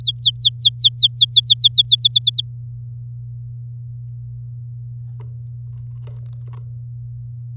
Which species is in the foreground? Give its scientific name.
Serinus canaria